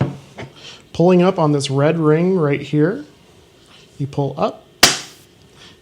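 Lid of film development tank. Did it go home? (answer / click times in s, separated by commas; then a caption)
released / 4.8 s. Someone talks while pulling up on the red ring of a Jobo Duo plastic film development tank to unlatch its lid. A loud, sharp click at 4.8 s marks the lid releasing open.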